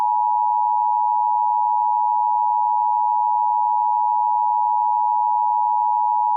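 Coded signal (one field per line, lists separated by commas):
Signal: Emergency Alert System (SAME) tones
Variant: 853 and 960 Hz attention tone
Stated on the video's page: EAS reenactment mock of a tornado warning with valid EAS tones, simulated.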